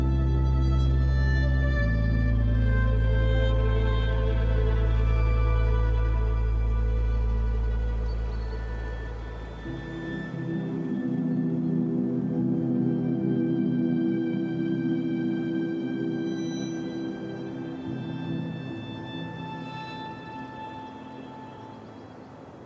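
Sustained string music holds long, deep chords that shift around two and ten seconds, fading slightly toward the end over a soft, steady hiss.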